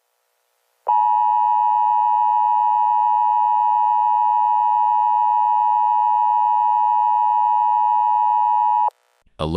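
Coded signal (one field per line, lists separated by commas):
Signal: Emergency Alert System (SAME) tones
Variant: 853 and 960 Hz attention tone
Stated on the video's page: Fictional EAS scenario.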